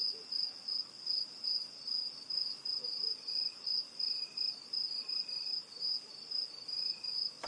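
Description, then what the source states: Cricket chorus: a shrill, high trill pulsing in an even rhythm roughly two or three times per second, with softer intermittent lower chirps. Intense crickets at night in a rural area, USA.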